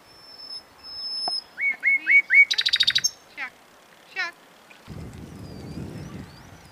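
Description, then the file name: Common nightingale song: a run of upslurred whistles, then a rapid burst of repeated notes and scattered chirps, ending in a low rumbling noise. "Luscinia megarhynchos"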